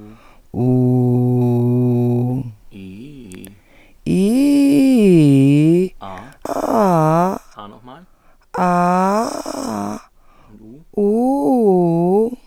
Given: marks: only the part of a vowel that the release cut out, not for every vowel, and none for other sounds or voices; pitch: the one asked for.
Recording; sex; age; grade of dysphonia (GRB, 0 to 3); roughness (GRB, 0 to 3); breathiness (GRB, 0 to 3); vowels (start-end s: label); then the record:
sustained vowels; female; 50 to 59 years; 3; 2; 3
0.70-2.24 s: vowel /u/, low pitch
4.22-5.71 s: vowel /i/, low-high-low pitch
8.66-9.88 s: vowel /a/, low-high-low pitch
11.05-12.13 s: vowel /u/, low-high-low pitch
From the record:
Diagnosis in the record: dysphonia, Reinke's edema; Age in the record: 52 years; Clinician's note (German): Beidseitiges Ödem mit hyperfunktioneller unvollständiger Kompensation